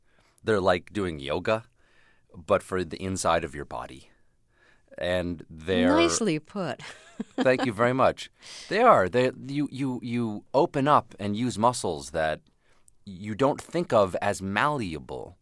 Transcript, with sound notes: they're like doing yoga but for the inside of your body, and they're...
Nicely put.
(LAUGHTER)
Thank you very much. They are. You open up and use muscles that you don't think of as malleable,